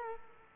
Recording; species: mosquito wingbeat signal from an infrared sensor; Culex quinquefasciatus